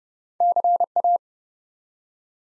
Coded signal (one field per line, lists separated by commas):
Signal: Morse code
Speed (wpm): 30 wpm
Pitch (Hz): 700 Hz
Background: none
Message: CA